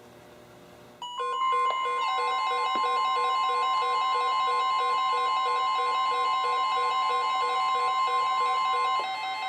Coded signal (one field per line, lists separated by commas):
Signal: Emergency Alert System (SAME) tones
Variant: 1050 Hz attention tone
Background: music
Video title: EAS #1000-#1003: Flooding in the Night | KHB36